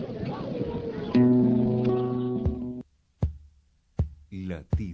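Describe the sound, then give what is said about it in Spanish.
A heartbeat sound effect in the ident of the radio show Latido Americano: a sustained synth chord gives way to a slow, steady series of deep, booming thumps, evenly spaced with short silences between them. “Latiendo al ritmo de América Latina.”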